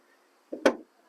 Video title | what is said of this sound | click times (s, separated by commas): Honda Civic How to Replace Back up Reverse Lamp Bulb Light 2022 2023 Replacement Rear Backup LED | all right now we're in turn it clockwise quarter of a turn now we're locked in | 0.7 s